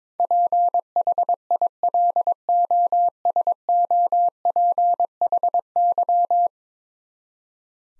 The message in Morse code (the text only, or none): PHILOSOPHY